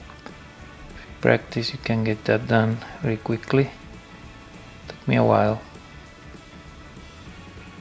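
A pivot screw is being worked into a 3D-printed box add-on on a Klein Flickblade screwdriver-knife multitool, with the part handled and wiggled toward alignment over background music while someone talks. Two brief ticks occur at about 0.3 s and 4.9 s. Nothing has seated or clicked into place yet.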